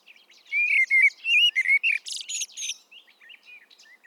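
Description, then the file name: Common blackbird giving one phrase: a few low, sweet whistles, then a high buzzy squeak, trailing off into soft twitters. "Turdus merula"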